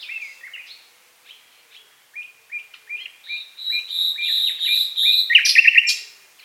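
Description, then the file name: Common nightingale song building from soft spaced piping notes into loud pure whistles and ending in a rapid harsh rattle. "Luscinia megarhynchos"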